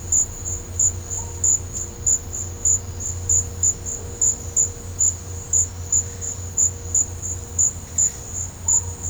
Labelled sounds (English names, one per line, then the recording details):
none
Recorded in pastures near Puerto Asís, Putumayo, Colombia, on 18 December 2024 at 13:30
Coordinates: 0.502, -76.324
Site G077